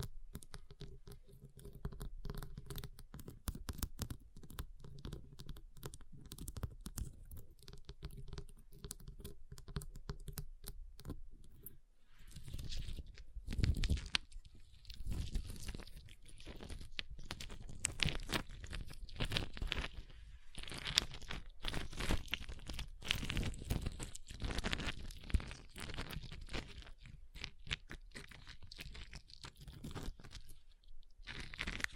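Ice is tapped, scratched and carved in dense, uneven bursts of sharp clicks and grinding scrapes. For the first twelve seconds a faint low hum sits under the taps; after a brief pause the scraping grows busier and harsher, with short gaps around 14 and 31 seconds.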